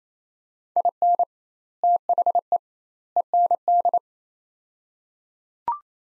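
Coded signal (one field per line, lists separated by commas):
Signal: Morse code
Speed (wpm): 28 wpm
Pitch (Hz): 700 Hz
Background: none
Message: IN THE END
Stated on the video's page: Morse practice of three-word sets at 28 wpm with 2x word spacing, a Farnsworth-like method applied to words, each set sent twice.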